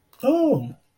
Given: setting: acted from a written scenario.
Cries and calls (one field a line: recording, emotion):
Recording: vocal sound without words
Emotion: fear